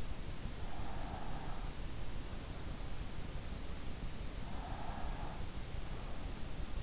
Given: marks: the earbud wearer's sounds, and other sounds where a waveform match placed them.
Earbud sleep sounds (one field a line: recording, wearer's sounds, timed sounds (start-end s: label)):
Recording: sounds in sleep by an in-ear microphone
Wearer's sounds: breath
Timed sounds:
0.33-1.88 s: breath
4.68-5.88 s: breath